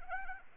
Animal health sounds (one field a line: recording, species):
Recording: mosquito wingbeat signal from an infrared sensor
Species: Anopheles arabiensis